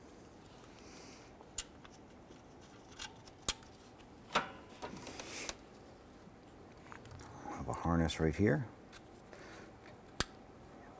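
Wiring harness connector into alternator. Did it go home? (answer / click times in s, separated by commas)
yes / 10.2 s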